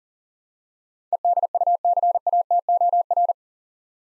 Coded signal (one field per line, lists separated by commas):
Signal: Morse code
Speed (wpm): 40 wpm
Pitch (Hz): 700 Hz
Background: none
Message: EDUCATOR